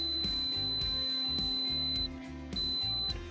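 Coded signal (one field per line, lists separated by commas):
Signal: beep code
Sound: a high thin beep about two seconds long, a pause, then a shorter beep, over music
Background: background music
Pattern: 1 long, 1 short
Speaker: In the event the button is held too long, a beep sequence of 1 long beep and 1 short beep will sound, and mirror extension will stop.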